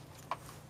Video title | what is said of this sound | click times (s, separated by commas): Remove Install Alternator/Generator on Ford Focus 1.5TDCI MK3 - with errors | probably here click and then pop | 0.3 s